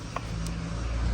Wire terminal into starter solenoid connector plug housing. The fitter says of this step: these plugs can only go in one way you'll hear it snap in